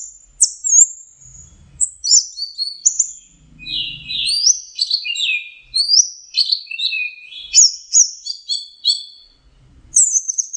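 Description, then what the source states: Orange-headed thrush song: a rapid, varied run of high whistles, slurred notes and sharp chirps in phrases with short pauses. Faint low thumps sound now and then. Masteran song used for training kept birds.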